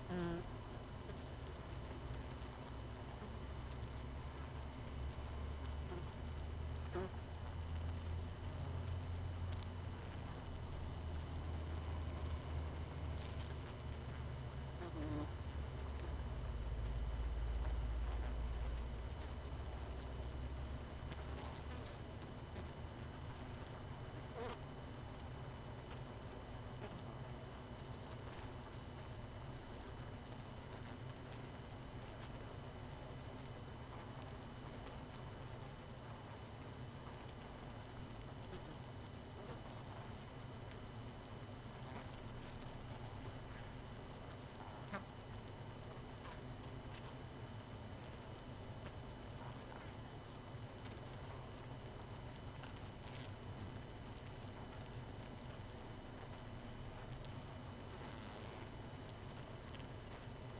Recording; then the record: honeybee colony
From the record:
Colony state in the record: missing queen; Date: 31 May 2018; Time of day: 22:06